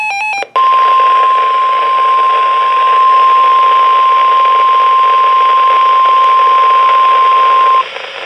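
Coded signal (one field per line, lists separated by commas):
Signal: Emergency Alert System (SAME) tones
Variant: 1050 Hz attention tone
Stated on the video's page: Severe Thunderstorm Warning received from a NOAA Weather Radio station.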